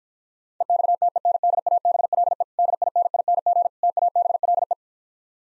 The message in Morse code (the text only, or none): EXTENDABLE DINING TABLE